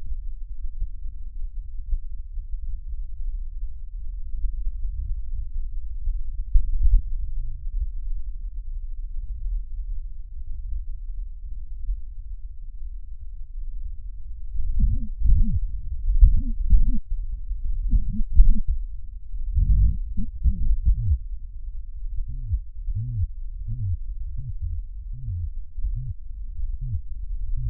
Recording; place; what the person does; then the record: lung sounds by stethoscope; right posterior basal chest; quiet breathing, then cough and speech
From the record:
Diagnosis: COPD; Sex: male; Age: 70 years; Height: 170 cm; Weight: 74 kg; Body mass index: 25.6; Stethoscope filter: bell mode